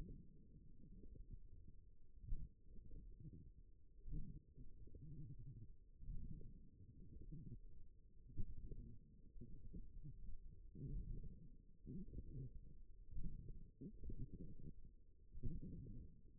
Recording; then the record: forearm muscle sounds (acoustic myography)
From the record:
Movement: forearm pronation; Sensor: system 1, eight BSWA MPA416 microphones around the upper forearm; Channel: 1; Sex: female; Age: 21 years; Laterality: right